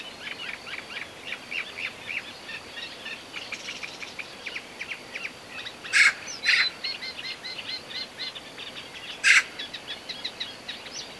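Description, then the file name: Eurasian magpie giving harsh, rasping chatter bursts near six and nine seconds, over a busy background of many small birds twittering. "Pica pica"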